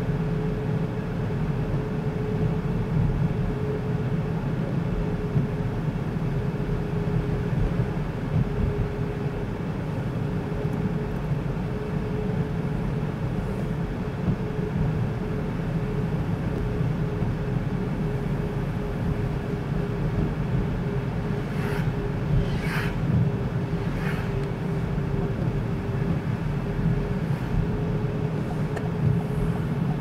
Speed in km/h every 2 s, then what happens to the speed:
52, 51, 51, 50, 50, 51, 51, 51, 50, 50, 50, 49, 48, 50, 51.
0-30 steady at about 50.